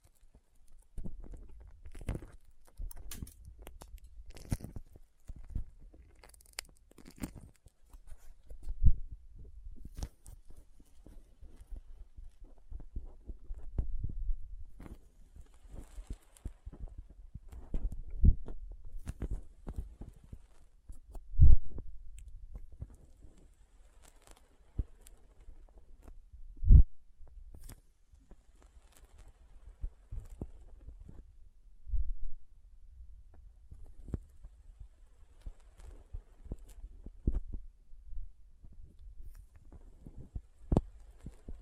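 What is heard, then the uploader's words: Soft, squishy and sticky handling sounds with small crinkles and cutting noises come in irregular bursts across the whole clip. Low, muffled thumps sit under frequent short clicks and crackles. A few sharper snaps stand out near 9, 21 and 27 seconds. Soft Squishy Sticky, Crinkle, Cutting Sounds.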